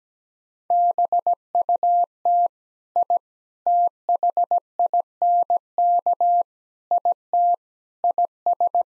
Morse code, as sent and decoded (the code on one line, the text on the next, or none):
-... ..- - / .. / - .... .. -. -.- / .. - / .. ...
BUT I THINK IT IS